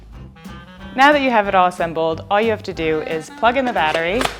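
Someone talks while a lithium-ion battery pack is being handled for plugging into the battery port of a Sun Joe 24V-ST14 24-Volt IONMAX cordless string trimmer, after the trimmer has been assembled. The clip ends before the pack goes home, so nothing has seated or clicked yet.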